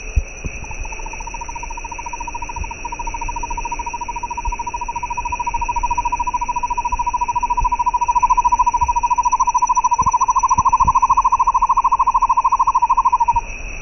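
Bird trilling in a long rapid rattle of evenly spaced notes, pitch creeping slightly upward and growing louder over about twelve seconds, over a constant high-pitched hum.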